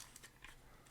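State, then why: Not seated. A Samsung Galaxy S21 Ultra is flipped over and pressed down into the plastic alignment tray of a Whitestone Dome Glass screen protector kit. Brief sharp handling sounds occur around 0.2 s and 0.4 s over a faint hiss. The phone has not clicked into place in the tray yet.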